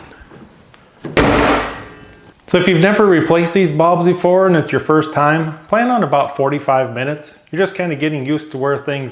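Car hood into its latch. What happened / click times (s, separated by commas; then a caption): The car hood slammed shut and latched / 1.2 s. A car hood on a 2011-2014 Chrysler 200 is shut after the headlight bulbs are replaced, and it slams loudly as the latch catches at 1.2 s. Someone then talks.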